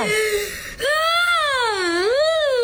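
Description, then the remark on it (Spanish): In a played video, a boy cries because he cannot get something right, in a sustained, high wail whose pitch sags and rises again, broken by one short catch of breath early on. The crying is loud and steady, with no talking over it. “Ahí está llorando el niño porque pues no le sale bien, güey.”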